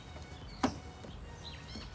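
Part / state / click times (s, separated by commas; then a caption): headlight assembly into bumper mounting clip / seated / 0.6 s. A headlight assembly is slid into place against the bumper and seats into the bumper mounting clip with a single sharp click at 0.6 seconds. Faint bird chirps sound in the background.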